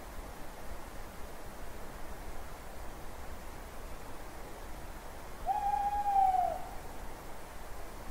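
Owl giving a single drawn-out hoot that rises slightly and falls at the end, heard against a quiet, steady nighttime background.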